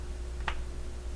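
A threaded flip-up lens cover on a Vortex Strikefire II red/green dot optic is snapped closed, giving one short, sharp click at 0.5 s over a low, steady background hum. The cover seats shut with a positive click, as these covers are said to seal well.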